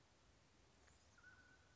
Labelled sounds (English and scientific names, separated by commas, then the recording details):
Mountain Quail (Oreortyx pictus)
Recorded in Sonoma County, California